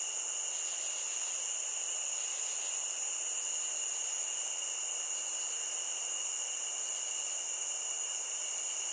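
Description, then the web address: Chorus of crickets, a constant piercing high trill layered over a weaker lower ringing tone, steady from start to finish. Nature ambience of crickets. "SFXBible ambience-nature-crickets"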